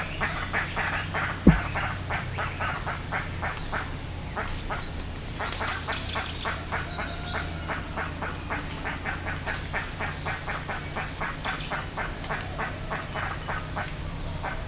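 Bird calls, a steady rapid train of clipped notes with occasional high squeaky calls, a background hum and one early click.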